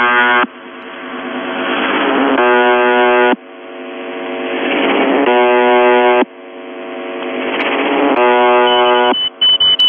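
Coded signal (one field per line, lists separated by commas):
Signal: channel marker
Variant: UVB-76 (The Buzzer)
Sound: three long, harsh, rising buzzes back to back, then a few short high beeps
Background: radio static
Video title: The Buzzer/UVB-76(4625Khz) October 21, 2021 16:23UTC Voice message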